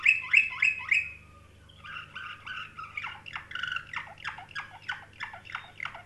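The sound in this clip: Canary song opening with four loud rising chirps, then softer varied trilled and chirped phrases over a low background hum.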